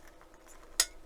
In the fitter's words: That's locked in place.